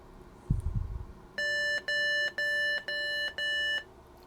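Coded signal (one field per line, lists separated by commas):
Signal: beep code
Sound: a dull thump, then five evenly spaced buzzy electronic beeps with short gaps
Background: handling thump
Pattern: 5 short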